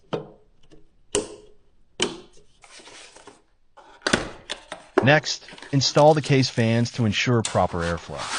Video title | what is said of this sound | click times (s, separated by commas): 4 Minutes Building a High-Performance Budget Gaming PC - Blacked-Out POV Build - R5 5600 + RX 7800XT | Insert the module and press gently from both sides until it clicks into place. | 1.1 s, 2.0 s